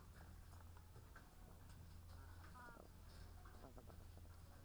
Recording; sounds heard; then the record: poultry house recording; sick chickens (respiratory disease)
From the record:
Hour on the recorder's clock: 17